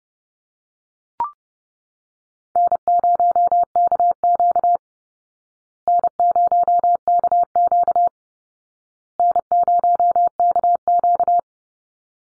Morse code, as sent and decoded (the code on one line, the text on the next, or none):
-. ----- -.- --.- / -. ----- -.- --.- / -. ----- -.- --.-
N0KQ N0KQ N0KQ